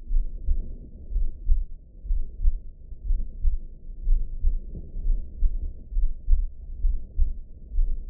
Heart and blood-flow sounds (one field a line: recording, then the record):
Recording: heart sounds by optical stethoscope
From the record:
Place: pulmonary valve (PV)